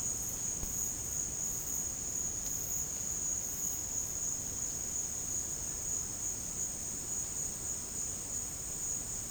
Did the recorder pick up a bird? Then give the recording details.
no. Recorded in dense forest near Puerto Asís, Putumayo, Colombia, on 29 June 2025 at 12:30. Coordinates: 0.486, -76.317. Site G065